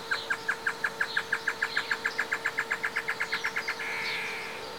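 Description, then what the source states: Great antshrike: chororó song: a steady series of about twenty short hooted notes, ending in a longer harsh churring note, over a constant low hum. Male and female singing together; recorded at Esperanza on 11-01-2018.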